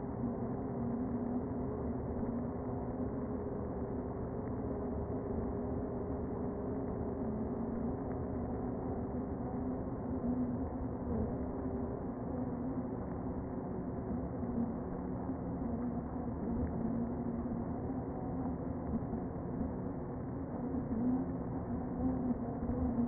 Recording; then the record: honeybee colony, microphone inside the hive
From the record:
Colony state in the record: queen present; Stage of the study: before two queens were removed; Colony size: about 60,000 bees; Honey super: yes